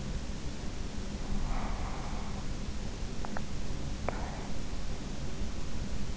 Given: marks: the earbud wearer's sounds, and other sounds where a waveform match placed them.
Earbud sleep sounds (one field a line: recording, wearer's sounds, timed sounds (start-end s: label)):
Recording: sounds in sleep by an in-ear microphone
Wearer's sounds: breath, teeth grinding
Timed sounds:
1.50-3.51 s: breath
4.00-4.54 s: teeth grinding